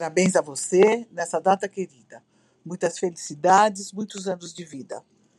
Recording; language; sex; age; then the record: short text; Brazilian Portuguese; female; 60 to 69 years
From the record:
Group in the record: control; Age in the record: 63 years